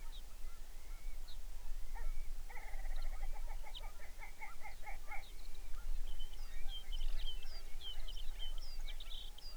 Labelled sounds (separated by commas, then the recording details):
songbird, grouse or ptarmigan
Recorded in the Arctic National Wildlife Refuge, Alaska, on 23 May 2019 at 05:59
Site 49